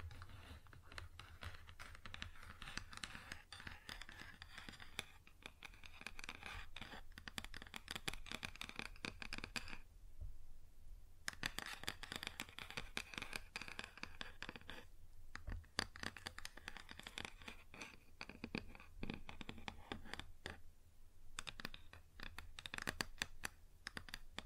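Fingers tap and scratch on a wooden surface in a dense, fast, uneven patter of small clicks and rasps. The activity runs nearly continuously, with brief pauses around 10, 15 and 21 seconds. A steady low hum sits underneath throughout.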